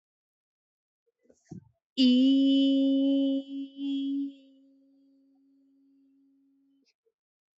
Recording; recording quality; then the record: sustained vowel as in beet; excellent, no background noise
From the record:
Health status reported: COVID-19 positive, mild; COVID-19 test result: positive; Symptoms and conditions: cold, fever, fatigue, muscle pain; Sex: female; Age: 22 years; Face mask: not worn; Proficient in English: yes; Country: India